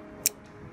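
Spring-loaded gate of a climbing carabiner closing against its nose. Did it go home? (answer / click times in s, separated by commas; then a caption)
yes / 0.3 s. The spring-loaded gate of an Ayamaya metal climbing carabiner, with a twist quick-release locking sleeve, is pulled open and let go so it snaps shut against the nose. A single sharp click is heard at 0.3 s over a quiet background, as the gate snaps back into place and closes.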